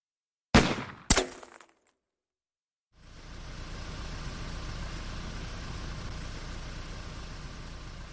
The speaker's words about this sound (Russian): Мотор тихо тарахтел, фары погашены.